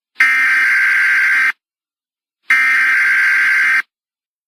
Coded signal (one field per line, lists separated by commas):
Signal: Emergency Alert System (SAME) tones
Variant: header bursts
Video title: EAS Scenario: The Fall of A Dictatorship | Part 4